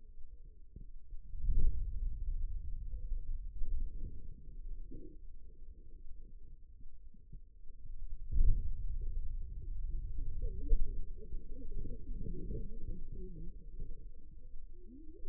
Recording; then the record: forearm muscle sounds (acoustic myography)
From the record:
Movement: hand closing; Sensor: system 2, bracelet of six BSWA MPA416 microphones around the upper forearm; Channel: 4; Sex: female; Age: 25 years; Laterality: right